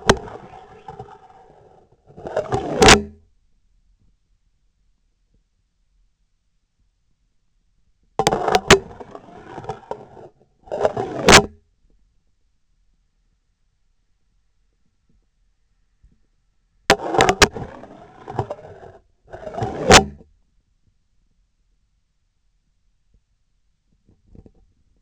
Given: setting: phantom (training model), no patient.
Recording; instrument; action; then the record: laparoscopic instrument, vibration sensor on the handle end; scissors; insertion and removal through the trocar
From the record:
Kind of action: spatial motion